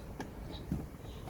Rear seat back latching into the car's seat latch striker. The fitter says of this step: just push it back down and it'll click right in, and that does it on both sides.